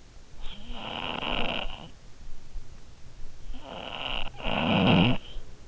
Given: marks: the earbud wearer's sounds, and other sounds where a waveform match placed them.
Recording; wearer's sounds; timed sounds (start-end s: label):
sounds in sleep by an in-ear microphone; snoring breath
0.02-2.34 s: snoring breath
3.28-5.68 s: snoring breath